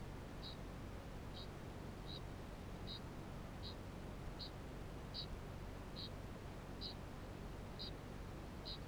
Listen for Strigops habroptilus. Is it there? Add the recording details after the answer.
yes. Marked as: faintness 3/5. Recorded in New Zealand. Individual Barnard